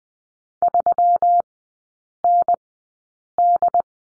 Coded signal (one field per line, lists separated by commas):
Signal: Morse code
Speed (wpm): 19 wpm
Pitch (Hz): 700 Hz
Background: none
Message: 3ND